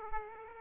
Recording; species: mosquito wingbeat signal from an infrared sensor; Aedes aegypti